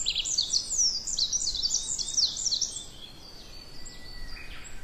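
Tree pipit song: a rapid series of high, trilled and buzzy repeated notes for about three seconds, fading to faint scattered notes afterwards.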